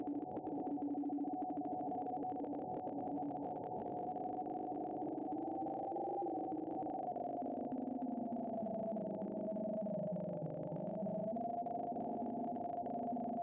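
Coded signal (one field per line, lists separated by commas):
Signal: RTTY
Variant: 50 baud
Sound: fast warbling between two steady tones, a continuous burbling teletype chatter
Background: radio static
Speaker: Pinberg Weather Facts. I lower sideband it. And let it decode.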